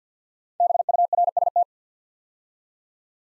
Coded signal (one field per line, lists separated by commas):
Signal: Morse code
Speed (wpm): 48 wpm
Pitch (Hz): 700 Hz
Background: none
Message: BURST